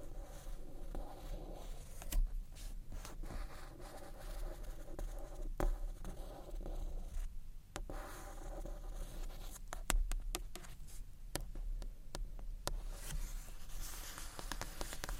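Gentle scratchy tapping on books, a steady patter of soft scrapes with sharper taps near two, six, eight and ten seconds.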